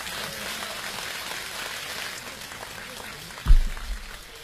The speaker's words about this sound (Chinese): 下面以热烈的掌声有请二大爷 了，在这儿呢。 二大爷， 掌声欢迎 二大爷。